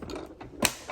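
A plastic brush roller is pushed hard into its slot on a Bubot 300P robotic pool cleaner, with a few faint plastic clicks and rattles before it snaps into place with a sharp, bright click at 0.6 s. The brush roller is seated.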